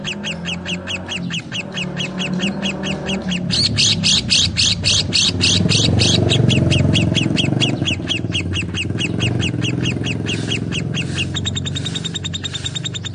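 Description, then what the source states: Lovebird chattering: fast, repeated high chirps in a steady run, with loud low rumbling noise underneath throughout. Call style described as "konslet".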